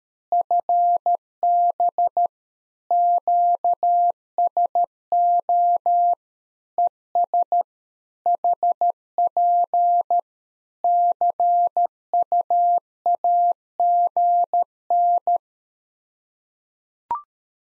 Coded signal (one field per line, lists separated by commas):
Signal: Morse code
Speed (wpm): 13 wpm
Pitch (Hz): 700 Hz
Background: none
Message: FB QSO ES HP CUAGN